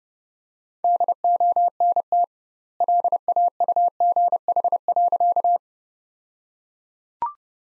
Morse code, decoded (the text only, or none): DONT LAUGH.